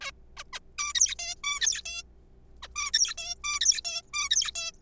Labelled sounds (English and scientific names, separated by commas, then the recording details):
Zebra Finch (Taeniopygia guttata)
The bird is a juvenile
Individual R3428